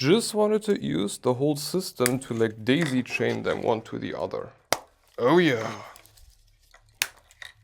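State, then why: Seated. Someone talks while installing two case fans in a PC case and daisy-chaining them, then pushes a plastic fan frame or its interlocking connector home against the adjacent fan. After a few faint ticks, a single sharp, loud click sounds at 7.0 s as the daisy-chained case fan clicks into place and is seated.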